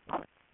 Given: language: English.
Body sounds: throat vibration sensor signal played as sound; swallow

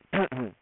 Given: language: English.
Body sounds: throat vibration sensor signal played as sound; throat clearing

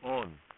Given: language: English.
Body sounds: throat vibration sensor signal played as sound; speech

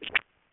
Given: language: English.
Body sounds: throat vibration sensor signal played as sound; swallow

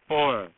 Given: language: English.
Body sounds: throat vibration sensor signal played as sound; speech

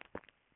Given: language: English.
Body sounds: throat vibration sensor signal played as sound; swallow

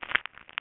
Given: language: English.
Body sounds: throat vibration sensor signal played as sound; swallow

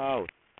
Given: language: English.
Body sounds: throat vibration sensor signal played as sound; speech

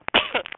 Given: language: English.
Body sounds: throat vibration sensor signal played as sound; cough

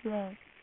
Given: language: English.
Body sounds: throat vibration sensor signal played as sound; speech

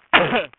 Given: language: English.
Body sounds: throat vibration sensor signal played as sound; cough

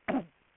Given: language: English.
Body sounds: throat vibration sensor signal played as sound; cough

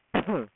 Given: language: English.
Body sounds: throat vibration sensor signal played as sound; cough

